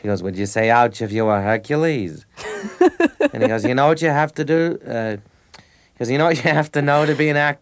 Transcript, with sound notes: He goes, would you say ouch if you were Hercules?
(Laughter).
And he goes, you know what you have to do? He goes, you know what you have to know to be an actor?